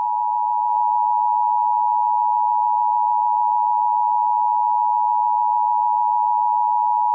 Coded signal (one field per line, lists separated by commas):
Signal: Emergency Alert System (SAME) tones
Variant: 853 and 960 Hz attention tone